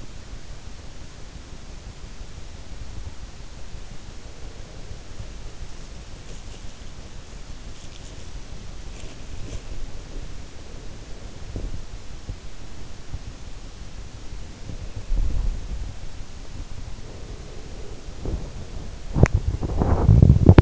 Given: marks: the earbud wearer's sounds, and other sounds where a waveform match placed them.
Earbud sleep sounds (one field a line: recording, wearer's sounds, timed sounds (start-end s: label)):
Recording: sounds in sleep by an in-ear microphone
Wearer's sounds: body movement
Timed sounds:
0.00-20.62 s: body movement